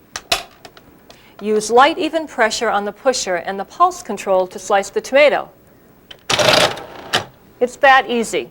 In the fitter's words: place it over the large feed tube press down on the sleeve and and you'll hear it click